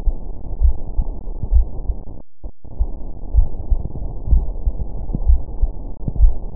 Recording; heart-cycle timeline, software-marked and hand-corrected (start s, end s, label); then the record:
heart sounds
0.00	0.02	systole
0.02	0.14	S2
0.14	0.62	diastole
0.62	0.74	S1
0.74	0.96	systole
0.96	1.06	S2
1.06	1.52	diastole
1.52	1.66	S1
1.66	1.88	systole
1.88	1.98	S2
1.98	2.50	diastole
2.50	2.58	S1
2.58	2.80	systole
2.80	2.90	S2
2.90	3.36	diastole
3.36	3.48	S1
3.48	3.70	systole
3.70	3.82	S2
3.82	4.30	diastole
4.30	4.44	S1
4.44	4.66	systole
4.66	4.76	S2
4.76	5.26	diastole
5.26	5.40	S1
5.40	5.60	systole
5.60	5.70	S2
5.70	6.18	diastole
6.18	6.34	S1
6.34	6.56	systole
From the record:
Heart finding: coronary artery disease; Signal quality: good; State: rest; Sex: female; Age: 63 years